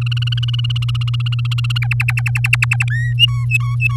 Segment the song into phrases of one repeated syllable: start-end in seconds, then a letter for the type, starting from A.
0.01-1.78 A, 1.82-2.85 B, 2.90-3.14 C, 3.18-3.96 D